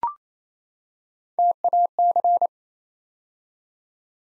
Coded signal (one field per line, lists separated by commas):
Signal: Morse code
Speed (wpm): 27 wpm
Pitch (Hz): 700 Hz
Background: none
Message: TAC